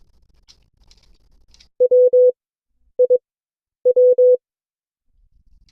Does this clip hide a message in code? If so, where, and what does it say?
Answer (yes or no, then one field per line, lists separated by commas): yes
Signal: Morse code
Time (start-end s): 1.8-4.4 s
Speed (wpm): 22 wpm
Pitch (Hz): 500 Hz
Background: none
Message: W I W